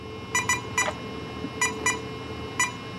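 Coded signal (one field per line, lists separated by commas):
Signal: beep code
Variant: Castle Creations ESC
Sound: two short buzzy beeps, pause, one beep, repeated twice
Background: faint electrical hum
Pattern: 2-1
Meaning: Setting 2 (cutoff voltage), option 1 (auto, the default)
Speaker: the first two beeps off for the cutoff voltage the second one beep is for Auto rifle which is the default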